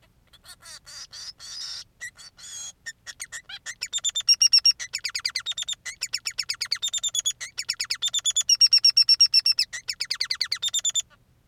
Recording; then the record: song of a male Bengalese finch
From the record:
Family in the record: son of father 3